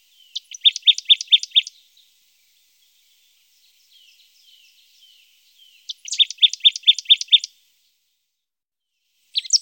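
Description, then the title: Marsh tit singing a quick rattle of sharp, repeated chip notes in two phrases of several notes, with soft thin calls in the gap and a fresh start at the end. Recorded in Germany, Austria or Switzerland. "Sumpfmeise"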